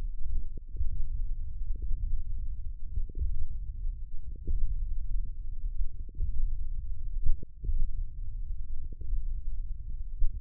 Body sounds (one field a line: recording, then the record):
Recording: forearm muscle sounds (acoustic myography)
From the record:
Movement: tripod grip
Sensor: system 1, eight BSWA MPA416 microphones around the upper forearm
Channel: 6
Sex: male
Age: 20 years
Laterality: left